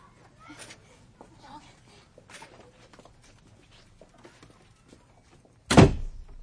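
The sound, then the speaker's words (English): Faint scattered clicks and shuffling as a bicycle is wheeled into the hall of a house run for several seconds before a door shuts with a single loud, heavy thud that quickly fades. “Put your bicycle in the hall.”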